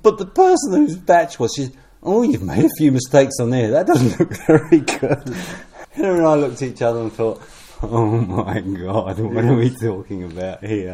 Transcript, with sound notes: But the person whose bach it was, she said, “Oh, you’ve made a few mistakes on there, that doesn’t look very good.” [Chuckle] Hilary and I looked at each other and thought. ‘Oh my God, [chuckle] what are we talking about here?’